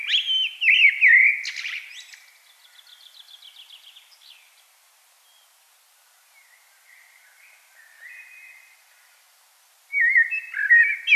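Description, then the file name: Common blackbird song: a loud fluted warble with a harsh twittering tail, fading into soft high chatter, a long pause, then another rich warbled phrase. "Turdus merula"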